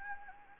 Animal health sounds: mosquito wingbeat signal from an infrared sensor; Anopheles gambiae

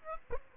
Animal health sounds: mosquito wingbeat signal from an infrared sensor; Aedes aegypti

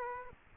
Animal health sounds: mosquito wingbeat signal from an infrared sensor; Aedes aegypti

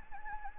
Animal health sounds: mosquito wingbeat signal from an infrared sensor; Anopheles gambiae

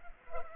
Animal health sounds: mosquito wingbeat signal from an infrared sensor; Culex pipiens

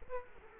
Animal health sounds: mosquito wingbeat signal from an infrared sensor; Culex quinquefasciatus

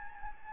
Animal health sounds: mosquito wingbeat signal from an infrared sensor; Anopheles gambiae

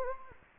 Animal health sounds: mosquito wingbeat signal from an infrared sensor; Anopheles gambiae

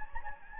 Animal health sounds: mosquito wingbeat signal from an infrared sensor; Anopheles gambiae

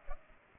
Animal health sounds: mosquito wingbeat signal from an infrared sensor; Culex pipiens

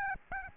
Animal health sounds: mosquito wingbeat signal from an infrared sensor; Aedes albopictus

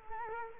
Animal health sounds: mosquito wingbeat signal from an infrared sensor; Culex quinquefasciatus

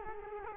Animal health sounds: mosquito wingbeat signal from an infrared sensor; Culex quinquefasciatus

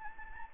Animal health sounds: mosquito wingbeat signal from an infrared sensor; Anopheles gambiae

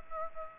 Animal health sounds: mosquito wingbeat signal from an infrared sensor; Aedes aegypti

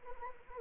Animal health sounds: mosquito wingbeat signal from an infrared sensor; Anopheles arabiensis

